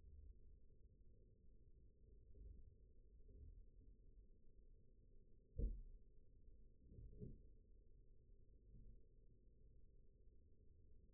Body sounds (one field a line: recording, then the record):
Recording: forearm muscle sounds (acoustic myography)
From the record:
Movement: rest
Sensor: system 1, eight BSWA MPA416 microphones around the upper forearm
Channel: 4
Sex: male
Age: 20 years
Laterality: left